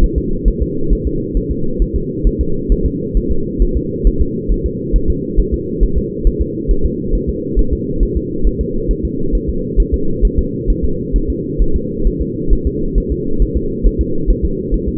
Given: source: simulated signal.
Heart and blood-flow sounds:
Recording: fetal heart sounds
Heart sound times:
0.04 s: S1
0.18 s: S2
0.48 s: S1
0.62 s: S2
0.93 s: S1
1.07 s: S2
1.37 s: S1
1.51 s: S2
1.82 s: S1
1.96 s: S2
2.27 s: S1
2.41 s: S2
2.72 s: S1
2.86 s: S2
3.17 s: S1
3.31 s: S2
3.62 s: S1
3.77 s: S2
4.07 s: S1
4.21 s: S2
4.52 s: S1
4.66 s: S2
4.96 s: S1
5.10 s: S2
5.40 s: S1
5.54 s: S2
5.83 s: S1
5.98 s: S2
6.27 s: S1
6.42 s: S2
6.71 s: S1
6.86 s: S2
7.15 s: S1
7.29 s: S2
7.59 s: S1
7.73 s: S2
8.03 s: S1
8.17 s: S2
8.47 s: S1
8.61 s: S2
8.91 s: S1
9.05 s: S2
9.35 s: S1
9.49 s: S2
9.80 s: S1
9.94 s: S2
10.25 s: S1
10.39 s: S2
10.70 s: S1
10.85 s: S2
11.16 s: S1
11.30 s: S2
11.62 s: S1
11.76 s: S2
12.07 s: S1
12.22 s: S2
12.53 s: S1
12.67 s: S2
12.98 s: S1
13.12 s: S2
13.42 s: S1
13.57 s: S2
13.87 s: S1
14.01 s: S2
14.30 s: S1
14.45 s: S2
14.74 s: S1
14.88 s: S2
From the record:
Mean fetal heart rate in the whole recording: 135 bpm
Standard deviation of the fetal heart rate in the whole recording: 3 bpm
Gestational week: 36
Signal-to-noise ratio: -8.1 dB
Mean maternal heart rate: 72 bpm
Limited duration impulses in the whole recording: present

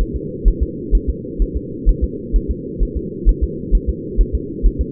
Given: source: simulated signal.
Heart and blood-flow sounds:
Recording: fetal heart sounds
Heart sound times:
0.01 s: S1
0.16 s: S2
0.48 s: S1
0.63 s: S2
0.95 s: S1
1.10 s: S2
1.42 s: S1
1.57 s: S2
1.89 s: S1
2.04 s: S2
2.36 s: S1
2.51 s: S2
2.83 s: S1
2.97 s: S2
3.29 s: S1
3.44 s: S2
3.75 s: S1
3.89 s: S2
4.21 s: S1
4.35 s: S2
4.66 s: S1
4.81 s: S2
From the record:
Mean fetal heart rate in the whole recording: 130 bpm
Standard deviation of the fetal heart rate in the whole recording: 2 bpm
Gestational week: 36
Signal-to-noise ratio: -4.1 dB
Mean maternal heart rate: no maternal heart sound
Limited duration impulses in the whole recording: absent

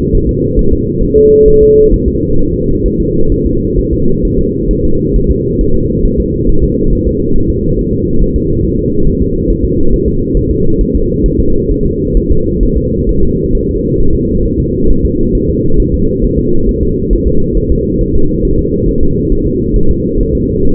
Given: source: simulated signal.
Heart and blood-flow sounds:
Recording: fetal heart sounds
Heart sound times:
0.15 s: S1
0.29 s: S2
0.59 s: S1
0.73 s: S2
1.03 s: S1
1.18 s: S2
1.48 s: S1
1.63 s: S2
1.94 s: S1
2.08 s: S2
2.39 s: S1
2.54 s: S2
2.86 s: S1
3.00 s: S2
3.32 s: S1
3.46 s: S2
3.79 s: S1
3.93 s: S2
4.25 s: S1
4.39 s: S2
4.71 s: S1
4.85 s: S2
5.16 s: S1
5.31 s: S2
5.61 s: S1
5.75 s: S2
6.05 s: S1
6.20 s: S2
6.49 s: S1
6.64 s: S2
6.93 s: S1
7.07 s: S2
7.36 s: S1
7.50 s: S2
7.79 s: S1
7.93 s: S2
8.22 s: S1
8.36 s: S2
8.65 s: S1
8.79 s: S2
9.07 s: S1
9.22 s: S2
9.50 s: S1
9.65 s: S2
9.93 s: S1
10.08 s: S2
10.37 s: S1
10.51 s: S2
10.81 s: S1
10.96 s: S2
11.26 s: S1
11.40 s: S2
11.71 s: S1
11.86 s: S2
12.17 s: S1
12.31 s: S2
12.63 s: S1
12.77 s: S2
13.09 s: S1
13.23 s: S2
13.55 s: S1
13.69 s: S2
14.00 s: S1
14.15 s: S2
14.46 s: S1
14.60 s: S2
14.90 s: S1
15.05 s: S2
15.35 s: S1
15.50 s: S2
15.80 s: S1
15.94 s: S2
16.24 s: S1
16.39 s: S2
16.69 s: S1
16.83 s: S2
17.13 s: S1
17.28 s: S2
17.57 s: S1
17.72 s: S2
18.01 s: S1
18.16 s: S2
18.45 s: S1
18.59 s: S2
18.89 s: S1
19.03 s: S2
19.32 s: S1
19.47 s: S2
19.76 s: S1
19.91 s: S2
20.20 s: S1
20.35 s: S2
20.65 s: S1
From the record:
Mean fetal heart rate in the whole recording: 135 bpm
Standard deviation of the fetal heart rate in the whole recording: 3 bpm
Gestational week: 36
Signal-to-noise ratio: -17.7 dB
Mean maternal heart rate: 72 bpm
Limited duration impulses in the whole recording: present

